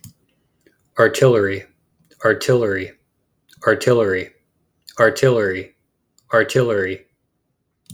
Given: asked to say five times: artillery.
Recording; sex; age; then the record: repeated word; male; 20 to 29 years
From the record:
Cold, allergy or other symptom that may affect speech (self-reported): no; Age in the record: 23 years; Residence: Texas, United States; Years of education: 16